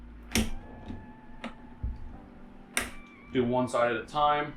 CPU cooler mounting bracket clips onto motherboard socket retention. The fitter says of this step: then you just push them in hard and snap it in place